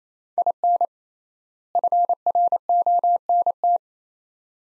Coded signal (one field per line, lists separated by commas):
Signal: Morse code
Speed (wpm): 28 wpm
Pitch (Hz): 700 Hz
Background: none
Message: IN FRONT